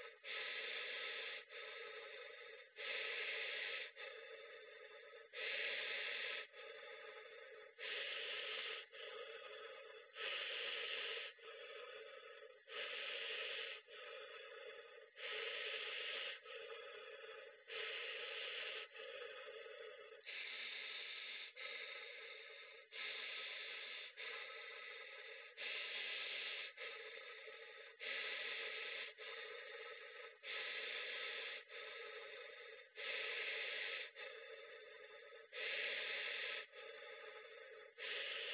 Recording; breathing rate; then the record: paced breathing near a phone; 24 breaths a minute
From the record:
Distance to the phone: 40 cm